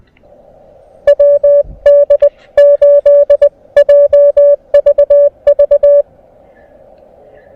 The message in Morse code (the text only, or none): WD8JVV